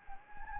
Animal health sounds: mosquito wingbeat signal from an infrared sensor; Anopheles gambiae

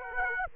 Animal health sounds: mosquito wingbeat signal from an infrared sensor; Aedes aegypti

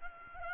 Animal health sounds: mosquito wingbeat signal from an infrared sensor; Aedes albopictus

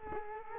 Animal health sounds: mosquito wingbeat signal from an infrared sensor; Culex quinquefasciatus

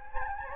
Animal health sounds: mosquito wingbeat signal from an infrared sensor; Anopheles gambiae

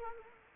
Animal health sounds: mosquito wingbeat signal from an infrared sensor; Culex quinquefasciatus

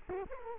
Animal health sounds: mosquito wingbeat signal from an infrared sensor; Culex quinquefasciatus

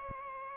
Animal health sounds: mosquito wingbeat signal from an infrared sensor; Aedes aegypti

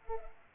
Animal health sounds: mosquito wingbeat signal from an infrared sensor; Culex pipiens

